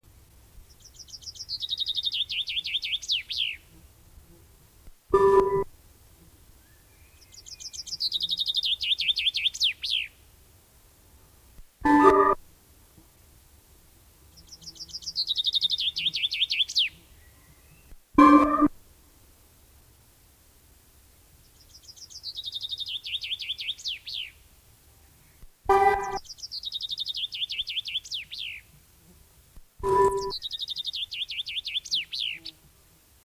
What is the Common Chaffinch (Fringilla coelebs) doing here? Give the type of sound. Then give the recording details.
song. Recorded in the wild. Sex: male. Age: adult. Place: Möhrendorf, Bayern, DE. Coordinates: 49.6322, 10.9842. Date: 1962-04-01. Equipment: Stellavox SM 5, langes Kabel. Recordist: Tretzel, Erwin. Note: Dechsendorfer Straße, Sandgrube. Männchen: Gesang. Aufnahme Anfang April 1962